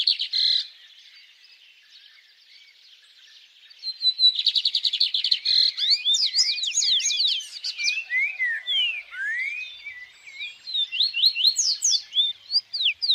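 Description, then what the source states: Bird song: a short note, a quiet pause, then a fast trill followed by swooping, looping whistles and chirps. Birds singing at dawn.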